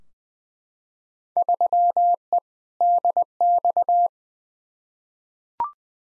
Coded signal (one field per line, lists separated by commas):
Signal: Morse code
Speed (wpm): 20 wpm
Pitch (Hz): 700 Hz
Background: none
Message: 3E DX